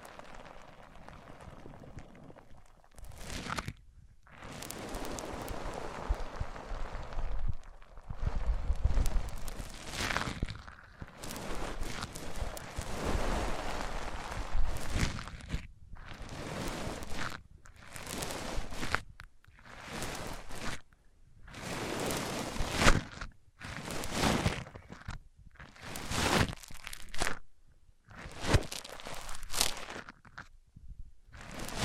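Microphones rubbed across different surfaces make bursts of rough scraping and brushing noise, some long and some brief, separated by short silences.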